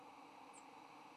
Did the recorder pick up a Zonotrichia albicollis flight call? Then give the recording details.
no. Another species' flight call is heard. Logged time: 08:45 on 3 November 2014